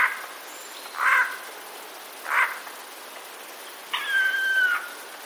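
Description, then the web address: Eurasian jay: a few short harsh rasps, then a long, flat, steady whistled tone held for nearly a second. Alarm calls, recorded 26 September 2021. "wroblowe ostrzegator sojka 26 09 2021"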